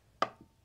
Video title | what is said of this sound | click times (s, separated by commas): Sport Bands Compatible with Apple Watch Ultra 2 Band | you're just going to feed it through so it just snaps in just like this | 0.2 s